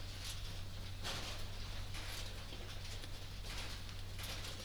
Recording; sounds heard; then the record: poultry house recording; no chicken sound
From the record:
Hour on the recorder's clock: 21